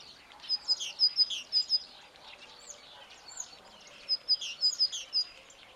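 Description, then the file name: Great tit calls: two clear series of sharp, high notes, with faint birdsong between them. "Parus major"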